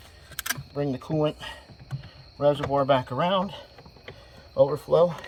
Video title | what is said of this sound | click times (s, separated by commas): 3.2 l V6 FSI Audi engine changing out the valve covers gaskets spark plugs and coils, step-by-step. | so I have my coolant sensor over here I'm going to go ahead and clip that back onto the bottom until it clicks | 0.4 s